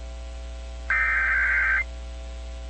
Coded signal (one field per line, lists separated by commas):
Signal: Emergency Alert System (SAME) tones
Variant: header bursts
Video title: EAS #172-173 - 2023 National Periodic Tests + WEA activation